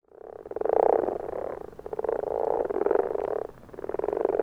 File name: konnad rohukonn